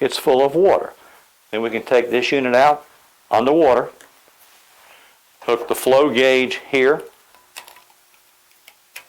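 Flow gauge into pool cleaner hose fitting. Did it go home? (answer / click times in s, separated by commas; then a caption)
no / none. Someone talks while hooking a plastic flow gauge onto the hose line of an MX8 pool cleaner. A few short, sharp ticks come near the end, around 7.6, 8.7 and 9.0 seconds. The gauge has not snapped into place yet.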